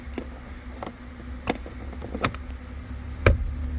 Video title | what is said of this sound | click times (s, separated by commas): 2014 TDI Passat: Replacing the clock spring. Works for any Passat or Jetta as well. | there you go heard it click and then check it out airbag popped out | 3.3 s